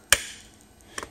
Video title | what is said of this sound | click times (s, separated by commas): Using the ES-2000 with Fiery XF | when you pull it back pull it all the way back until it clicks you don't pull it back far enough it may not calibrate properly so make sure it does click | 0.1 s